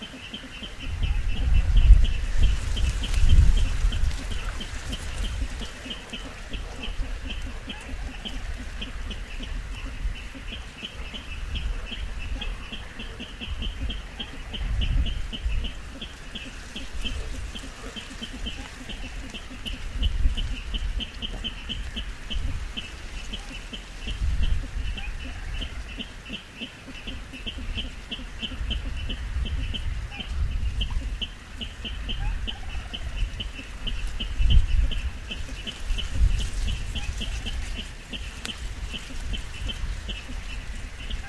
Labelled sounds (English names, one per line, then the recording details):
Little Crake call
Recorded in the wild
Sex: female
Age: subadult
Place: Kützerhof, Kummerower See, Mecklenburg-Vorpommern, DE
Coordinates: 53.8583, 12.85
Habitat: wetland
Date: 2009-05-28
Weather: bedeckt, schwacher Wind aus West, ca. 10°C
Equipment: Sound Devices 702, Sennheiser MKH 70, Rycote Windschutz
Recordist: Frommolt, Karl-Heinz